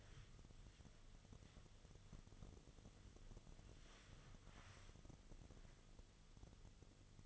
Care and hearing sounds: daily activity, microphone in the room; wipe stove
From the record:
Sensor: 4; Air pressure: 1005.7 hPa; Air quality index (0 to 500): 106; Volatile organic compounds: 2 ppm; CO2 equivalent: 1314 ppm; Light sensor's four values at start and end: 12/28/11/10 and 11/26/10/10

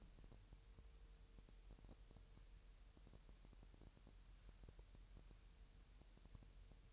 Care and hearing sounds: daily activity, microphone in the room; wipe stove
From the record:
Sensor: 2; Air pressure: 1000.8 hPa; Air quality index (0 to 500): 249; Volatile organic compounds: 100 ppm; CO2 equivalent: 3752 ppm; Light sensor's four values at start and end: 9/22/9/9 and 9/22/9/9

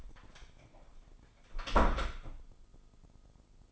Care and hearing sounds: daily activity, microphone in the room; close door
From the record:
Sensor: 5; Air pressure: 996.3 hPa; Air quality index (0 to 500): 36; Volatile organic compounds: 1 ppm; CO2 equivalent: 601 ppm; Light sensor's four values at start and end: 43/100/42/44 and 43/101/42/44

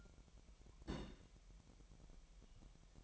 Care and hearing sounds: daily activity, microphone in the room; place on stove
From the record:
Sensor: 1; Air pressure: 1012.1 hPa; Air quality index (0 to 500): 222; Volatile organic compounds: 5 ppm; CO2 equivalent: 1776 ppm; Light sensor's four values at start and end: 75/177/76/80 and 75/177/76/80

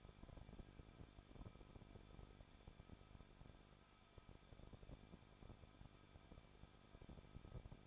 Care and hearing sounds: daily activity, microphone in the room; no activity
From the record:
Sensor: 5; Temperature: 20.7 degrees Celsius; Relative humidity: 38.6%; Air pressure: 1006.5 hPa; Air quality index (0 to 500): 192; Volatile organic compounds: 21 ppm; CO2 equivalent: 2710 ppm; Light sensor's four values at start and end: 2/3/1/1 and 2/3/1/1

